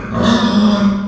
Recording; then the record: squeal of a Yucatan mini pig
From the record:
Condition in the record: after surgery on the right vocal fold (resection and tissue-engineered implant); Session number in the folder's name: 17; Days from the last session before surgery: 195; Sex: female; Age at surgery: 19 weeks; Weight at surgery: 25 kg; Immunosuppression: prednisolone